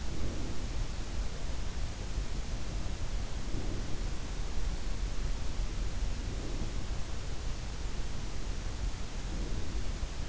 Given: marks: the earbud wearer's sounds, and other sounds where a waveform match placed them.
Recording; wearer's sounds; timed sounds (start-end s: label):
sounds in sleep by an in-ear microphone; breath
0.00-1.10 s: breath
3.21-4.25 s: breath
6.03-6.99 s: breath
8.96-10.29 s: breath